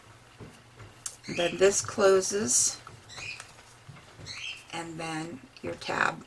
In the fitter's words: and there's a magnet under this tab you can hear it click into place